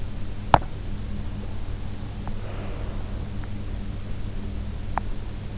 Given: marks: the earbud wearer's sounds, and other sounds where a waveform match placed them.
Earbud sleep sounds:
sounds in sleep by an in-ear microphone; teeth grinding, breath
0.29-0.88 s: teeth grinding
2.20-3.75 s: breath
4.79-5.43 s: teeth grinding

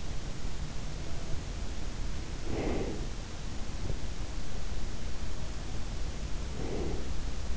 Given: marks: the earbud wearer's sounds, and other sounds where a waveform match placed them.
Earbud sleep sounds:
sounds in sleep by an in-ear microphone; breath, teeth grinding
0.98-3.37 s: breath
3.75-4.06 s: teeth grinding
5.06-7.56 s: breath

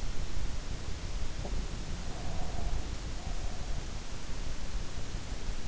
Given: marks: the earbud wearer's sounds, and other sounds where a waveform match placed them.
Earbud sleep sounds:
sounds in sleep by an in-ear microphone; breath
2.07-3.89 s: breath

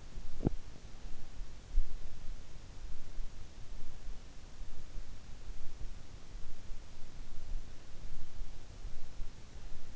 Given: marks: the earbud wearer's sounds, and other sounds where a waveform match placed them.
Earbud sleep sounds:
sounds in sleep by an in-ear microphone; teeth grinding
0.00-0.97 s: teeth grinding

